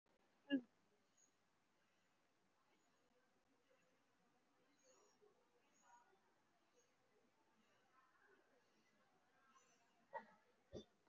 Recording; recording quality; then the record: shallow breathing; excellent, no background noise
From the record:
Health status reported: COVID-19 positive, mild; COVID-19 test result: positive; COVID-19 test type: RT-PCR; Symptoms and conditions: sore throat, fever, loss of smell and taste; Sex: female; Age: 18 years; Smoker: no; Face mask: worn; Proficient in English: yes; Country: India